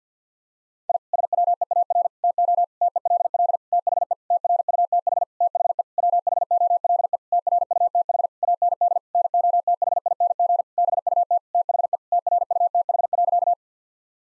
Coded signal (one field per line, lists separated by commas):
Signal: Morse code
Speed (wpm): 50 wpm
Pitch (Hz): 700 Hz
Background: none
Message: I SWEAR TO TELL THE TRUTH THE WHOLE TRUTH AND NOTHING BUT THE TRUTH.